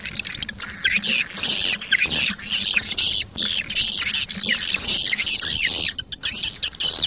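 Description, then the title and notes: Swiftlet calls, shrill high twitters broken by brief gaps and scattered clicks. Sound used in swiftlet farming, Asia. "Swiflet Bird Sound. Farming Swiflet Bird asia sound"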